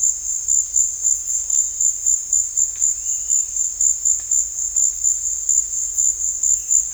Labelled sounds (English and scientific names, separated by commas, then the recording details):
none
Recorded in dense forest near Puerto Asís, Putumayo, Colombia, on 21 December 2024 at 16:30
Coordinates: 0.484, -76.325
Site G056